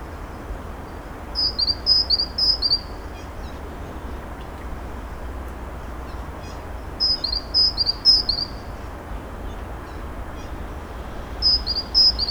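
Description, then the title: Bird giving three bursts of high, bright repeated chirps, separated by gaps with a steady low background rumble. Birds singing in Narbonne, France; recorded with a ZOOM H6 and Sennheiser MKE 600 microphone. "Narbonne, France - Birds Sing 03"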